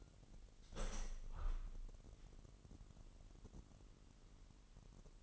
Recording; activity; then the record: daily activity, microphone in the room; open window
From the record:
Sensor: 4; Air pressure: 998.8 hPa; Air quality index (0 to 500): 115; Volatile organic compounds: 2 ppm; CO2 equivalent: 1130 ppm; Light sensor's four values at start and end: 10/24/9/10 and 10/24/9/10